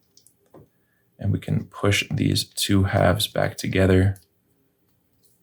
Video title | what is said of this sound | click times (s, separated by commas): 🔑 Audi A8 Key Fob (1997-2005) Battery Swap! 🚙💨 | Give it a good squeeze so that it snaps into place, and that is it. | 0.2 s, 0.3 s